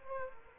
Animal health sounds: mosquito wingbeat signal from an infrared sensor; Aedes aegypti

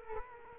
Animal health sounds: mosquito wingbeat signal from an infrared sensor; Culex quinquefasciatus

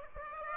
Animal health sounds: mosquito wingbeat signal from an infrared sensor; Aedes aegypti

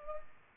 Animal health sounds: mosquito wingbeat signal from an infrared sensor; Culex pipiens

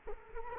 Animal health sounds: mosquito wingbeat signal from an infrared sensor; Culex quinquefasciatus

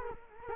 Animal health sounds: mosquito wingbeat signal from an infrared sensor; Culex quinquefasciatus

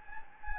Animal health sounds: mosquito wingbeat signal from an infrared sensor; Anopheles gambiae

